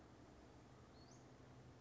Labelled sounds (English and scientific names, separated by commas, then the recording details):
Western Flycatcher (Empidonax difficilis)
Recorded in Sonoma County, California